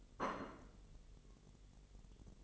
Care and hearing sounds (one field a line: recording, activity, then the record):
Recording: daily activity, microphone in the room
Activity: place plate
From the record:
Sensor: 4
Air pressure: 1002.9 hPa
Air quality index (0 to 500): 248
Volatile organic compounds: 20 ppm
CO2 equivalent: 2691 ppm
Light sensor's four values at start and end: 5/12/4/5 and 5/12/4/5